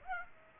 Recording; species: mosquito wingbeat signal from an infrared sensor; Aedes aegypti